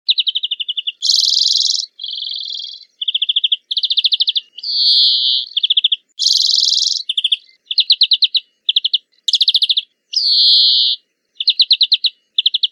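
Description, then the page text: European greenfinch in full song, a dense mix of twittering trills and harsh buzzy wheezes following each other almost without a break. Recorded during a 2021 urban-nature bioblitz walk along the banks of the Adige river in Verona, monitoring biodiversity. "Verdone. una passeggiata e dei bioblitz lungo le rive dell’Adige"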